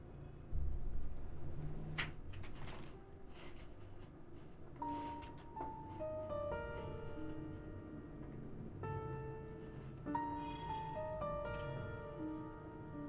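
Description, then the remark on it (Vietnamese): A heavy purple-gold door creaks slowly open, its drawn-out, squealing groans rising and falling in pitch over a low rumbling background, with a few sharp knocks early on. “Lại nói vào lúc này thì cánh cửa tử kim, dưới ánh mắt vô cùng khẩn trương của tất cả các thế lực đứng đầu ngồi trên đài cao, dần dần chậm rãi mở ra, phát ra âm thanh cọt kẹt, giống như đang vang lên trong lòng bọn họ vậy”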